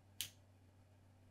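A manual lens is lined up by its locking pin hole with the screw on a modified camera lens mount, then turned right until the mount's locking pin snaps into place. A single sharp, bright click sounds at 0.2 s over a low steady hum, and the lens locks into the mount adapter.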